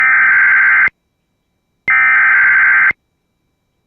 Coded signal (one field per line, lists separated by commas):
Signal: Emergency Alert System (SAME) tones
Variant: header bursts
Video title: TOR on WJON/IP (EAS #135)